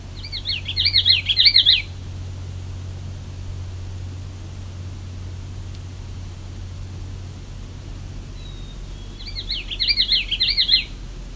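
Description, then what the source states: Common yellowthroat song: a rapid rolling phrase of repeated wavering notes, given twice several seconds apart, over a low steady hum. Bird getting very close to the recordist.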